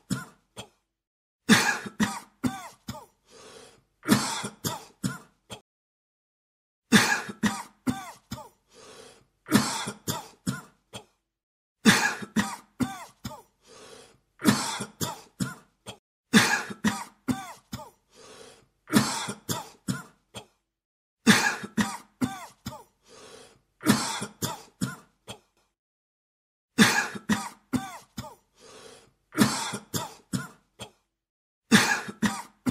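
A man coughs repeatedly in harsh bursts, each fit made of several quick hacking coughs followed by a brief pause. The fits come regularly, about every three to four seconds, with near silence between them and some throat clearing mixed in.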